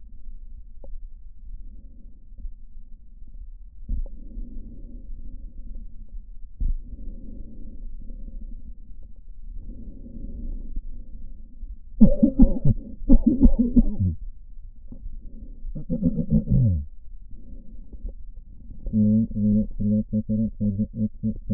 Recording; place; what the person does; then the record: lung sounds by stethoscope; left posterior apical chest; quiet breathing, then cough and speech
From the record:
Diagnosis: none (healthy); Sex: male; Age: 45 years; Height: 173 cm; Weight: 92 kg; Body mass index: 30.7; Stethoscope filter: diaphragm mode